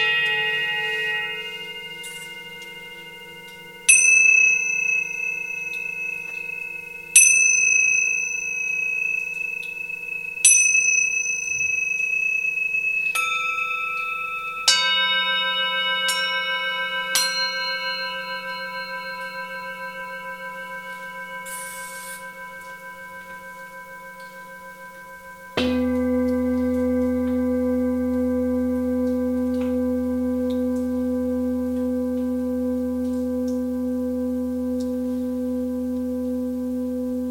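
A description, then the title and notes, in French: Tibetan singing bowls are struck every few seconds, their long pure tones overlapping and ringing on, with a deep humming bowl entering near the end. Concert de bols tibetains dans une grotte.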